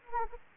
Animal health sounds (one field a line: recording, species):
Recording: mosquito wingbeat signal from an infrared sensor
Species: Anopheles gambiae